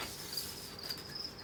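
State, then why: Not seated. A heat or basking light fitting is handled near its mount in a reptile enclosure while a steady, high-pitched, cricket-like chirring runs throughout over a low background hum. There are no sharp hits, and nothing has seated or snapped into the mount yet.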